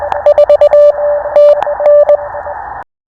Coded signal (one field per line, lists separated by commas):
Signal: Morse code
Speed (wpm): 20 wpm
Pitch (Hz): 590 Hz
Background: none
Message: 4 TN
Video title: POTA with purpose! Morse Code is for everyone! Listen and Copy random callsigns. #hamradio